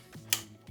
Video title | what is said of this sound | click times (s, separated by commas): Godox VL200 Review - Best Budget Apurture 120dii Alternative?! | so you get a really nice solid click. | 0.3 s